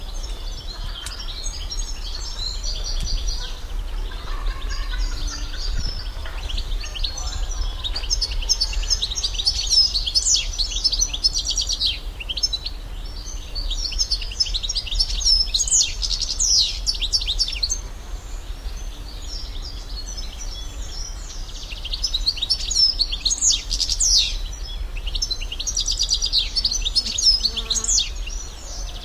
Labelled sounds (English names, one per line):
European Goldfinch song